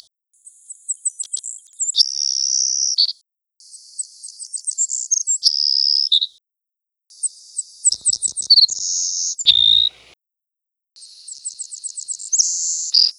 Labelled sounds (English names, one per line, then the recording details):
Savannah Sparrow song
Recorded around the Bay of Fundy, in 1980